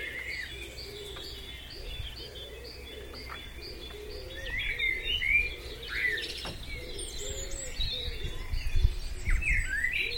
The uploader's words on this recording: Extended recording of the dawn chorus from a Wiltshire village. Deep in a Wiltshire vale, the comforting tang of woodsmoke hangs over a slumbering village. It's 5am and still dark but a magical chorus of blackbirds, robins, dunnocks and great tits greets the coming dawn. Recorded by Tanya Jackson.